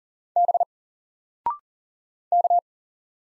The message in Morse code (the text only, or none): B K